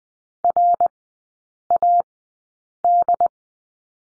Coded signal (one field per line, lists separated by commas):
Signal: Morse code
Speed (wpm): 20 wpm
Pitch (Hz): 700 Hz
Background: none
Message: RAD